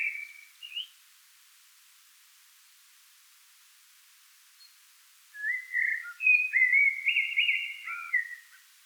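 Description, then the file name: Common blackbird song, fairly quiet: a brief fluted note fades out, then after a silent gap comes a longer mellow warbled phrase of looping whistles. "Turdus merula"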